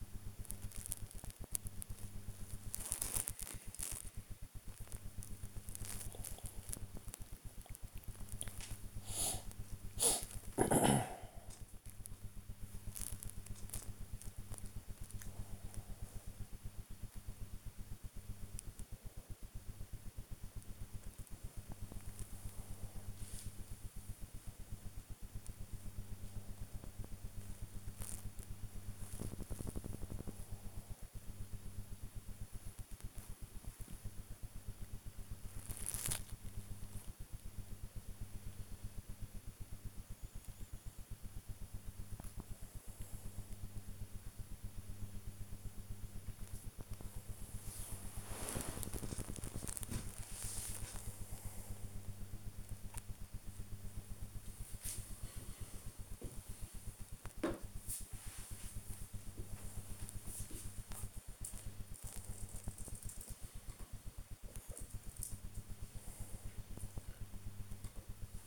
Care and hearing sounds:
household activities, microphone on the right wrist
0.00-62.98 s: working on the computer
67.00-68.46 s: working on the computer

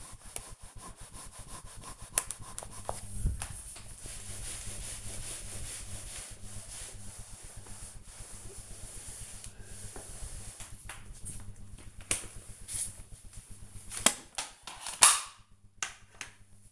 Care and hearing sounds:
household activities, microphone on the right wrist
0.00-16.72 s: floor cleaning

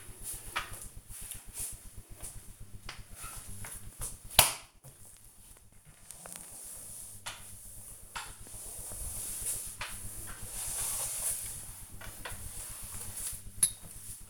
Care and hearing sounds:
household activities, microphone on the right wrist
0.00-14.30 s: floor cleaning

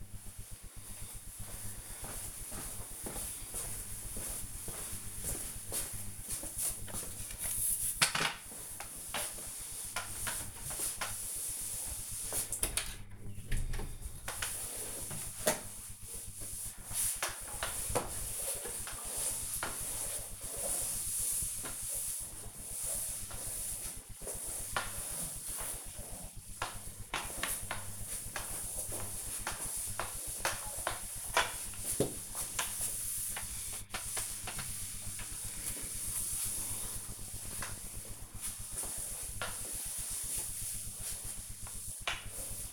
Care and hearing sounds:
household activities, microphone on the right wrist
5.63-42.73 s: floor cleaning

